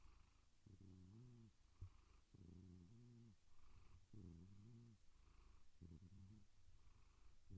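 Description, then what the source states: Domestic cat giving four low, harmonic, wavering meow-like calls separated by short pauses, over a low rumbling purr. Gentle meows and purrs.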